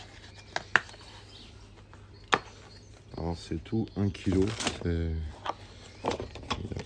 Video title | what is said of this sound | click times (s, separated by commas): Remplacement chaine tendeur et calage arbres à cames : P2 207 1,6 HDI | serrage des paliers qui se fait à la clé dynamo. | 0.8 s, 2.3 s